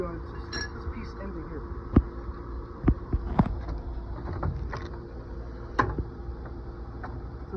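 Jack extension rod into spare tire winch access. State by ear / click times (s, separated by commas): seated / 5.8 s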